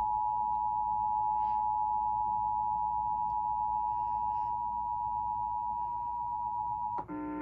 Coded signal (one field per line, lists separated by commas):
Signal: Emergency Alert System (SAME) tones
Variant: 853 and 960 Hz attention tone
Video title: EAS #289-291 Severe Thunderstorm Warning on TV